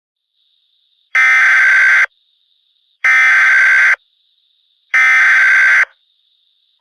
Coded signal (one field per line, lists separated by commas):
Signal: Emergency Alert System (SAME) tones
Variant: header bursts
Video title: EAS Scenario: The Virus in NA.